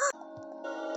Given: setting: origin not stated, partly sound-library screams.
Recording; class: one-second piece from a danger detection set; woman in danger